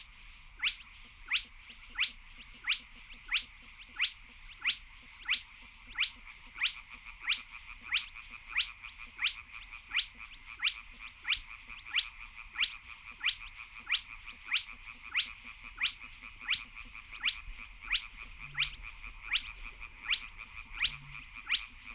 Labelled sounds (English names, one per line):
Spotted Crake